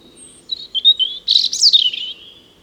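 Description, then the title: European robin song, a short phrase of thin, high whistles and quick liquid trills that climbs into a brighter tumbling flourish, then fades on a drawn-out thin note. Spring song in a small wood along the Rouquette stream, Saint-Jean, France; recorded with a Dodotronic Highsound parabolic dish and Zoom H4n Pro. "53 Chemin Bellevue, Saint-Jean, France - Chant printanier : Rouge Gorge"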